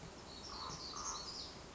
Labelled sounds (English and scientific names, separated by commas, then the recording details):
Black-throated Gray Warbler (Setophaga nigrescens)
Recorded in Sonoma County, California